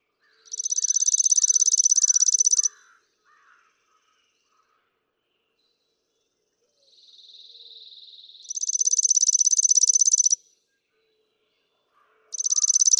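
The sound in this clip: Chipping sparrow repeating its rapid, level, rattling trill three times, each about two seconds long, the last cut off at the end. A quieter, lower buzzy trill and faint chips occur between songs.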